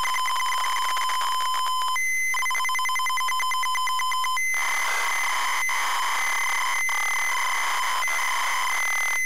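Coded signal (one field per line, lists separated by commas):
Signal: ZX Spectrum tape loading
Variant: ZX Spectrum +3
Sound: buzzy square-wave lead tone with clicks, then a harsh rasping data screech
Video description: ZX Spectrum load up and quick game play of Knight Tyme loaded up using a zx spectrum +3 with a wh smith cpd8300 cassette player.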